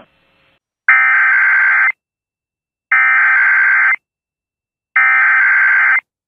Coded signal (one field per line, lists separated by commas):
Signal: Emergency Alert System (SAME) tones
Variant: header bursts